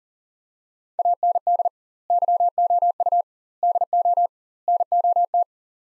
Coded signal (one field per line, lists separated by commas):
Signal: Morse code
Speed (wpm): 40 wpm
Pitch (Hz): 700 Hz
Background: none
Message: AND YOU DO NOT